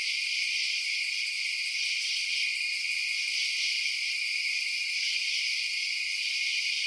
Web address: Sound Effects-Blast Wave Update 3 Night Insects